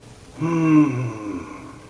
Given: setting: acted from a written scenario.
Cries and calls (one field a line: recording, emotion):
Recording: vocal sound without words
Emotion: ecstasy